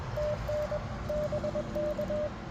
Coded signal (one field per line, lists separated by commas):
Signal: Morse code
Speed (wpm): 18 wpm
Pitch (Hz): 590 Hz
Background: none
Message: TN BK